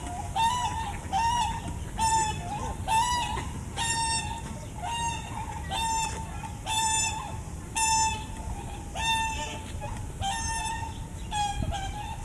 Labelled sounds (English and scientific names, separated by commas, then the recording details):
Trumpeter Swan (Cygnus buccinator) call
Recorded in captivity
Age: adult
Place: Tierpark Berlin, Berlin, DE
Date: 2008-08-21 13:35
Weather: 24°C
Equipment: Sony WM-D6C, Sennheiser ME 80, Kopie Uher 4000 Report Monitor
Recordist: Tembrock, Günter